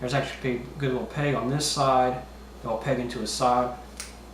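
Someone talks while handling the plastic leg of a large Transformers Generation One reissue Fortress Maximus robot toy, folding it sideways toward the pegs on the side of its body. A brief sharp sound occurs near 4.0 s, but the clip ends before the leg goes home; nothing has seated or clicked yet.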